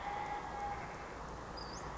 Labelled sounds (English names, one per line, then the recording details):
Western Flycatcher
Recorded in Sonoma County, California